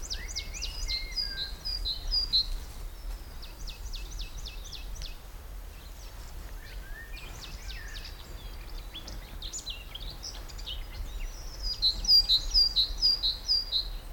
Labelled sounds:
Great Tit

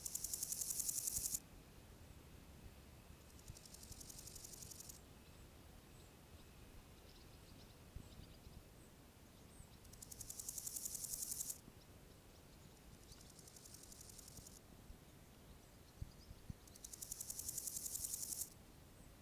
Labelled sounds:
Water-meadow Grasshopper stridulation

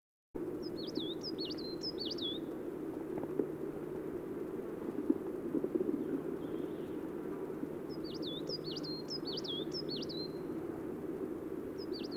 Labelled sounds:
Coal Tit song

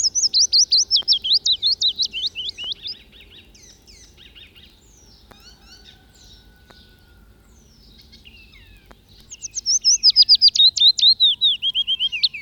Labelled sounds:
Willow Warbler song

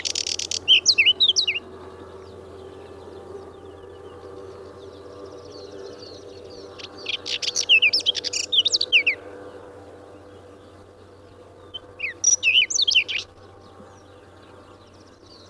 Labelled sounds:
Whinchat song

